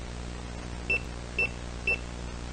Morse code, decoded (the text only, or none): none